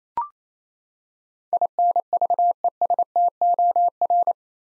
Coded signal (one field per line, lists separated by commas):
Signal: Morse code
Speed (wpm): 28 wpm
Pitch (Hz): 700 Hz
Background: none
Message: INVESTOR